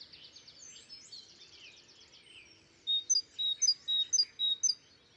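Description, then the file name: Great tit calls, a short burst of piercing high notes repeated rapidly near the end, after a spell of soft mixed bird twittering. "Parus major"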